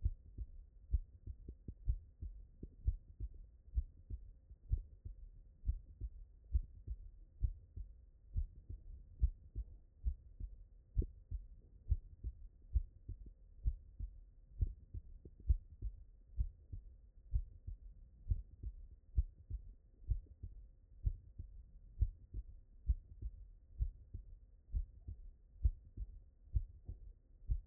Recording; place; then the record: heart sounds by stethoscope; tricuspid valve (TV)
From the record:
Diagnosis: non-HFrEF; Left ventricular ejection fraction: 64%